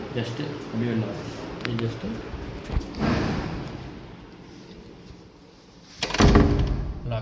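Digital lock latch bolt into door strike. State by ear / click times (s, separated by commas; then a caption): seated / 6.0 s. The latch bolt of a newly fitted digital door lock engages in the door strike as the door is closed normally, with a sharp metallic clunk at 6.0 s, and the lock is seated. Someone talks before the clunk, and a short thud follows at about 7.1 s.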